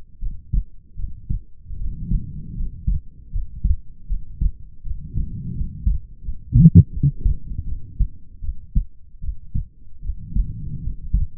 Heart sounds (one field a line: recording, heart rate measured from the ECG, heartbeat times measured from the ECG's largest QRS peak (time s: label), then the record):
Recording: heart sounds by stethoscope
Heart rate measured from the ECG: 79 bpm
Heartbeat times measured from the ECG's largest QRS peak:
0.19 s: heartbeat
0.96 s: heartbeat
1.77 s: heartbeat
2.54 s: heartbeat
3.30 s: heartbeat
4.07 s: heartbeat
4.82 s: heartbeat
5.54 s: heartbeat
6.22 s: heartbeat
6.91 s: heartbeat
7.64 s: heartbeat
8.40 s: heartbeat
9.20 s: heartbeat
10.01 s: heartbeat
10.81 s: heartbeat
From the record:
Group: healthy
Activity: rest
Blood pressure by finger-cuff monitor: 103/68 mmHg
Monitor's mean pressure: 78 mmHg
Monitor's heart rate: 79 bpm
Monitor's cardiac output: 5.9 L/min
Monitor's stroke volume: 75 mL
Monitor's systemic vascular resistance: 940 dyn s/cm5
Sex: female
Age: 22 years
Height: 160 cm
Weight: 45 kg